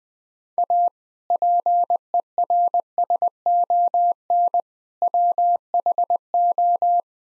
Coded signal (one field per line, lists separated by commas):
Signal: Morse code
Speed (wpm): 20 wpm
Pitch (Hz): 700 Hz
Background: none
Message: A PERSON WHO